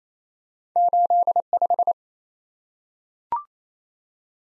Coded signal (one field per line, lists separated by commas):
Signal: Morse code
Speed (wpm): 28 wpm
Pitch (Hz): 700 Hz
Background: none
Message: 85